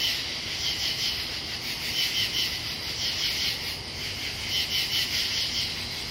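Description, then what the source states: Katydids singing: scratchy triple-pulsed rasps repeating irregularly over a constant high insect hum, low background rumble beneath. Pennsylvania.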